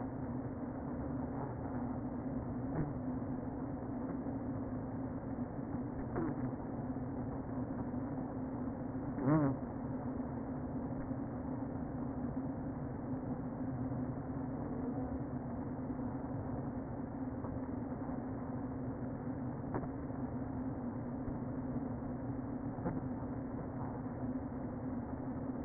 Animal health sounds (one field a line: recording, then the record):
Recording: honeybee colony, microphone inside the hive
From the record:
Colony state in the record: queen present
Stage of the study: before two queens were removed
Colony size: about 60,000 bees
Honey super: yes